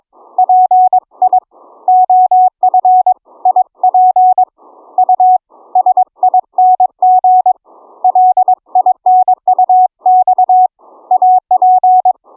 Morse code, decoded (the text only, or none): PI OF IP USING LINUX AP